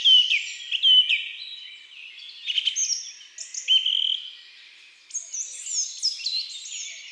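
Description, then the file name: Song thrush song with varied whistled and scratchy phrases. Woodland and forest birds. "Grive musicienne Chants doiseaux des bois et des forets"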